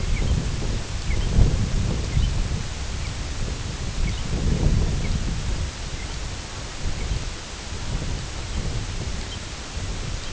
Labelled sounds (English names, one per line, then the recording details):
American Golden-plover
Red-throated Loon
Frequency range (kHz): American Golden-plover 1.7-5.5 kHz
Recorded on Arctic tundra, site IGLO-F, on 19 June 2018
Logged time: 06:00